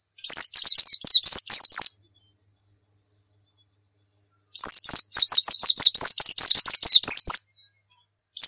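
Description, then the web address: White-eye song: two bursts of rapid, high, slurred descending whistles, a pause of nearly three seconds between them, then another phrase beginning at the end. Muria white-eye; recording used for training (masteran) songbirds. "pleci muria. masteran pleci"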